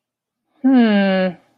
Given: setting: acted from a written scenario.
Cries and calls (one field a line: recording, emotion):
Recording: vocal sound without words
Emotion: confusion